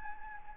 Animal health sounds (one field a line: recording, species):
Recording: mosquito wingbeat signal from an infrared sensor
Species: Anopheles gambiae